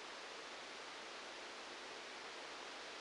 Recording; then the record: brain microelectrode recording played as sound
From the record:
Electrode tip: outside the subthalamic nucleus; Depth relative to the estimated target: -4 mm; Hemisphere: right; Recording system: NeuroSet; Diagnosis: Parkinson's disease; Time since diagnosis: 9 years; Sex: male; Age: 56 years